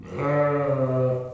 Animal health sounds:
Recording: contact call of a hoofed animal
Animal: sheep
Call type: low-frequency (closed-mouth) or high-frequency (open-mouth) call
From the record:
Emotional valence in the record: negative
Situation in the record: short social isolation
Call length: 1.34 s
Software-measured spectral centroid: 1150 Hz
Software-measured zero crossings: 1080 a second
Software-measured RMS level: -24 dBFS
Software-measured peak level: -12 dBFS

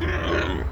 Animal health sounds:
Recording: contact call of a hoofed animal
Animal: wild boar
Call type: grunt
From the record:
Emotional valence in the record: negative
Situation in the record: naturally occurring agonistic interactions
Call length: 0.72 s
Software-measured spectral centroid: 1730 Hz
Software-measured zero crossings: 1500 a second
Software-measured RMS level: -24 dBFS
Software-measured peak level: -10 dBFS

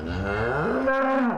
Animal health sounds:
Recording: contact call of a hoofed animal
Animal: cattle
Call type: low-frequency (closed-mouth) or high-frequency (open-mouth) call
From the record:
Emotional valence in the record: negative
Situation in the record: full separation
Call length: 1.38 s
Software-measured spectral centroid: 1170 Hz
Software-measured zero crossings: 1350 a second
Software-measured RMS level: -24 dBFS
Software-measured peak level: -13 dBFS

